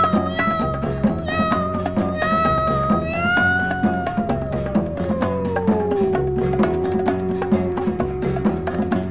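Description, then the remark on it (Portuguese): A long, drawn-out cat meow wails over busy instrumental music, its pitch rising slightly and then sliding slowly downward into a sustained, mournful tone. “Eu quero ser como um gato do mato que vive só, miando”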